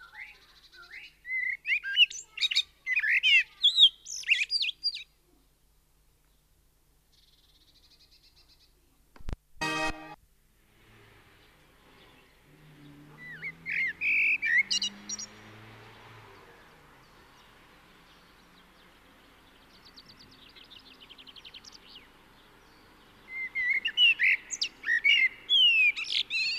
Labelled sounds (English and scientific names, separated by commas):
Common Blackbird (Turdus merula) song